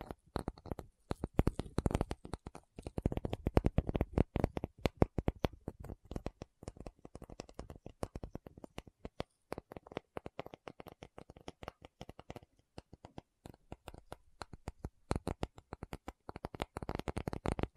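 Rapid, uneven tapping fills all eighteen seconds, dense sharp clicks and knocks with bursts of quicker, louder taps early, thinning slightly later on.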